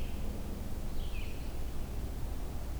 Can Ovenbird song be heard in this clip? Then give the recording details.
no. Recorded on 23 June 2016 at 07:27. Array SBT-6-76